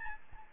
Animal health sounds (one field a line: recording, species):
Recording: mosquito wingbeat signal from an infrared sensor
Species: Aedes albopictus